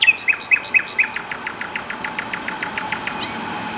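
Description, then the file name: Common nightingale singing a few spaced chirps that quicken into a long, rapid series of sharp repeated notes, with a steady low hum underneath. "Luscinia megarhynchos"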